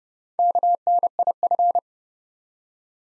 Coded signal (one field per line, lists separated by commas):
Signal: Morse code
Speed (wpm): 30 wpm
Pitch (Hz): 700 Hz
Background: none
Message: KNIF